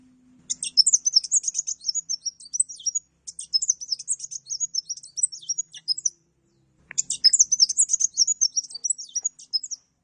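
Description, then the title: Songbird song, dense high twittering phrases repeated in long bursts with short pauses, a soft low hum at the start. "Burung Campur"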